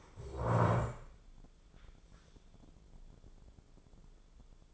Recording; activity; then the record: daily activity, microphone in the room; stand up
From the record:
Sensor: 5